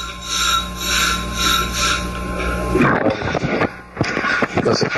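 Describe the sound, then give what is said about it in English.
A slinky toy being played with: a steady, rhythmically pulsing whir gives way to loud, irregular metallic rasps, scrapes and clicks as the coils shift and clatter. “Oh, I thought I would play with my slinky.”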